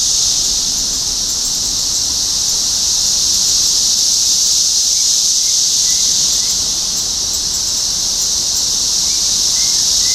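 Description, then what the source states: Cicadas keeping up a constant high buzzing chorus, with scattered soft bird chirps in the later part. Topeka, Kansas, 14 June 2015.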